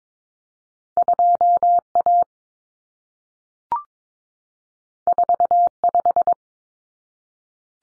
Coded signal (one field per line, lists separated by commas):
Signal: Morse code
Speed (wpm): 22 wpm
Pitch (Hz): 700 Hz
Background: none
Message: 2A 45